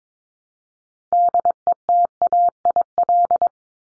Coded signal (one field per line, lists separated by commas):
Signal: Morse code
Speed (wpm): 22 wpm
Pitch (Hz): 700 Hz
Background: none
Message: DETAIL